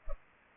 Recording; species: mosquito wingbeat signal from an infrared sensor; Culex pipiens